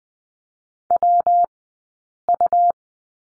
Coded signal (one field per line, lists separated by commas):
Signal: Morse code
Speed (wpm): 20 wpm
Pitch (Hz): 700 Hz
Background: none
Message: WU